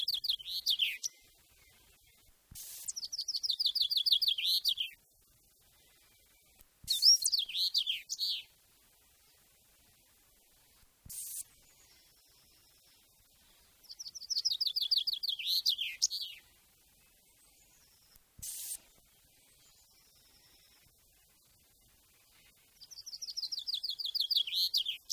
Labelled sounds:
Common Chaffinch song
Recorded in the wild
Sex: male
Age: adult
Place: Garmisch-Partenkirchen, Bayern, DE
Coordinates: 47.4964, 11.0903
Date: 1966-04-12
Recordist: Tretzel, Erwin

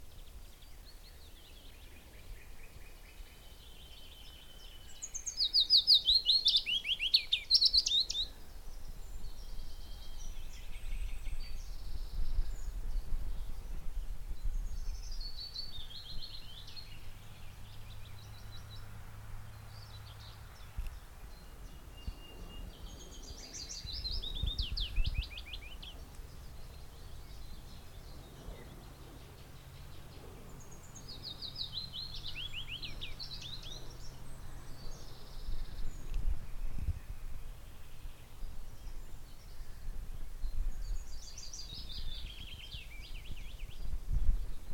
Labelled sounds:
Willow Warbler
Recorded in the wild
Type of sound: song, call, call sequence, twittering
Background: Troglodytes troglodytes, Luscinia megarhynchos
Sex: male
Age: adult
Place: Gosener Wiesen, Berlin, DE
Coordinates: 52.41, 13.72
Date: 1989-05-15 11:15
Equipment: Uher 4400 Report Monitor, Sennheiser ME 80, K 30 AV
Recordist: Fischer, Stefan
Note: Gesang, daneben Zilpzalp

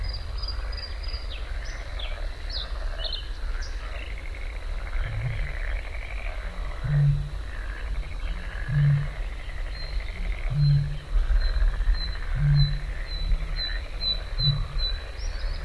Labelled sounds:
Bluethroat song
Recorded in the wild
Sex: male
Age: adult
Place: Parsteinwerder, Parsteiner See, Brandenburg, DE
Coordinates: 52.9575, 13.9719
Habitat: lake
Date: 2006-05-24
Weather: ca.10°C, no wind
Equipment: Edirol R-4, Sennheiser MKH 70, Windkorb
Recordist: Frommolt, Karl-Heinz

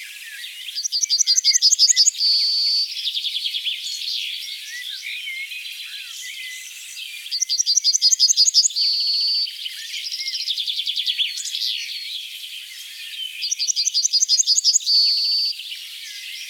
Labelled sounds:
Yellowhammer song
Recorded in the wild
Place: Oberrotweil am Kaiserstuhl, Baden-Württemberg, DE
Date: 1985-05-01
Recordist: Schwarz, Dieter

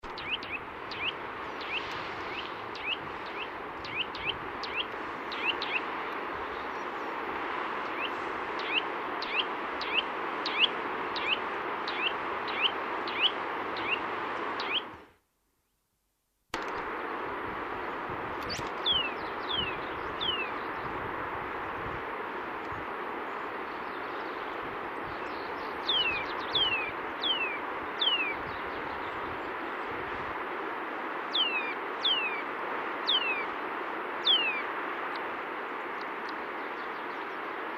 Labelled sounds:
Eurasian Nuthatch call
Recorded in the wild
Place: Oberstdorf, Bayern, DE
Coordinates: 47.4228, 10.2489
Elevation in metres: 910
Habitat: mountains
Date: 1977-04-02
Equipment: Nagra IV, Sennheiser MKH 405, Parabolreflektor
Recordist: Tretzel, Erwin

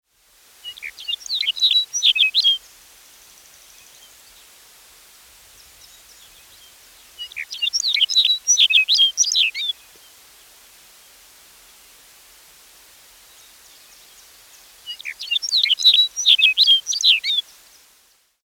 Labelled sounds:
Lapland Longspur
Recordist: Frommolt, Karl-Heinz
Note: Gesang

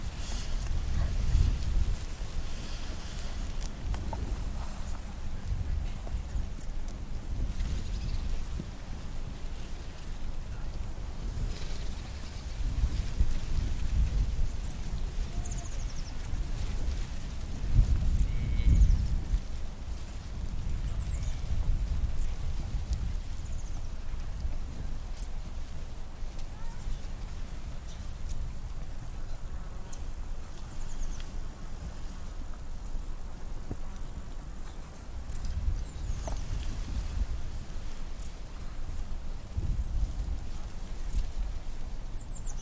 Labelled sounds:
Dark Bush-cricket stridulation
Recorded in the wild
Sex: male
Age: imago
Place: Kloster, Insel Hiddensee, Mecklenburg-Vorpommern, DE
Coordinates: 54.5911, 13.1075
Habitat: meadow
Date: 2008-09-09 15:06
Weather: bedeckt, 20°C, schwacher Wind
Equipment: Sound Devices 702, Sennheiser MKH 70, Windkorb
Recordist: Frommolt, Karl-Heinz

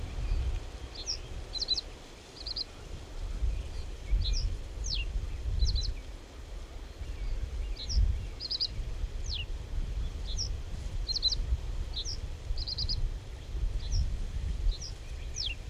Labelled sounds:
Reed Bunting song
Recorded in the wild
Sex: male
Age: adult
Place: Horn-Bad Meinberg, OT Billerbeck, Lipper Bergland, Nordrhein-Westfalen, DE
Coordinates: 51.8833, 9.03333
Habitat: pond
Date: 1970-05-19
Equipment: Uher 4000 Report-S, Bändchenmikro Beyer M 260, Parabolspiegel Polyester (470 mm)
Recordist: Conrads, Klaus

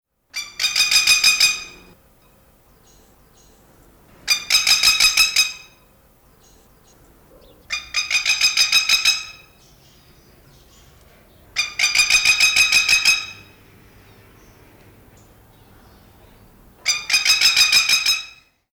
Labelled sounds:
Masked Lapwing
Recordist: Tembrock, Günter
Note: Rufreihen

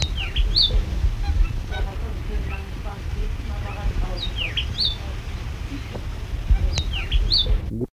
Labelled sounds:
Northern Cardinal call
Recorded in captivity
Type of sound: call
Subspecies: sinuatus
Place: Vogelpark Walsrode, Niedersachsen, DE
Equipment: Halbspur, 9,5 cm/s
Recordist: Lütgens, Hans
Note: Ruf

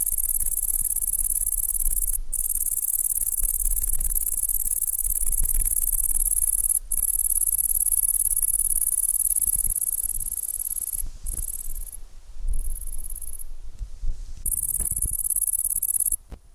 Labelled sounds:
Great Green Bush-cricket stridulation
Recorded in the wild
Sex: male
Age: imago
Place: Zühlsdorf, Briesetal, Brandenburg, DE
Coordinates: 52.734, 13.375
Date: 1998-08-11 15:50
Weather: heiter, 25°C
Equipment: Sony MD-WM MZ-R3, Sennheiser ME 80, Kopie Uher 4000 Report Monitor
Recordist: Tembrock, Günter
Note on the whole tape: Männchen: Stridulation (sitzt auf Brombeere, in Sonne). Im Briesetal bei Zühlsdorf

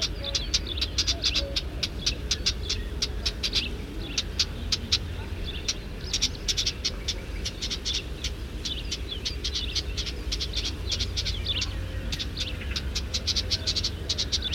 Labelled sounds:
Marsh Warbler call
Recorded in the wild
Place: Burgas, BG
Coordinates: 42.887, 26.968
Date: 1974-06-04
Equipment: Nagra III BH, Sennheiser MD 21, parabola
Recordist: Schubert, Michael

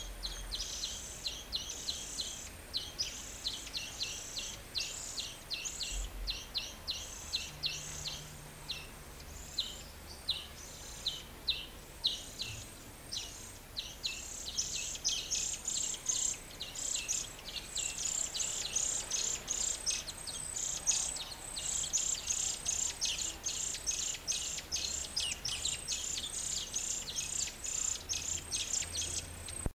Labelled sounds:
European Greenfinch call
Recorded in captivity
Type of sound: call
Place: Zoo Hannover, Niedersachsen, DE
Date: 1977-08-20
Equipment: Halbspur, 9,5 cm/s
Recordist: Lütgens, Hans
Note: Fütterung beim Flüggewerden

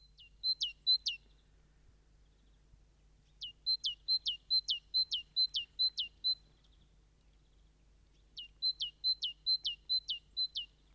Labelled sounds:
Great Tit song
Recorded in the wild
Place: Kaiserslautern, Rheinland-Pfalz, DE
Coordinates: 49.4358, 7.8376
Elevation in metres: 282
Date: 1977-03-01
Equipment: Nagra IV, Sennheiser MKH 405, Parabolreflektor
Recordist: Tretzel, Erwin

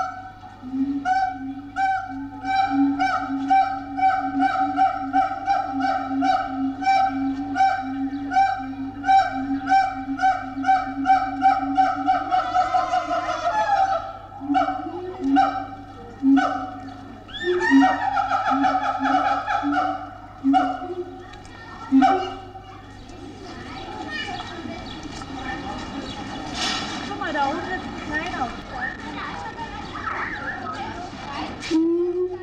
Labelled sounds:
Siamang
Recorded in captivity
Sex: pair
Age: adult
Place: Zoo Berlin, Berlin, DE
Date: 1984-08-15 15:11
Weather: bedeckt, 20°C
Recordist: Tembrock, Günter

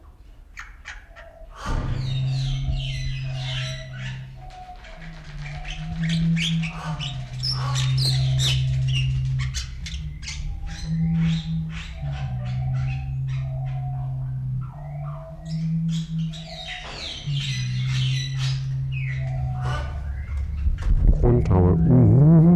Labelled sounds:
Western Crowned Pigeon
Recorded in captivity
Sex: pair
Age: adult
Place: Zoo Berlin, Berlin, DE
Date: 1994-03-12 11:17
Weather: light rain shower, 7°C
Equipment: Marantz CP 430, Sennheiser ME 80, Kopie Uher Variocord 263
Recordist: Tembrock, Günter

